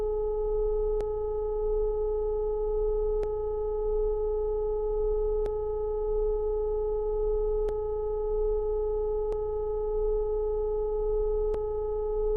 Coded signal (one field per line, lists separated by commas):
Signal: telephone call progress tone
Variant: Europe, 425 Hz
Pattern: dial tone